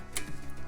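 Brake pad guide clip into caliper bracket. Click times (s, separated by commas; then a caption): 0.2 s. A new metal brake pad guide (abutment clip) is pushed into the brake caliper bracket until its rear grooves lock into the channels. A single sharp metallic click is heard at 0.2 s, and the clip is seated.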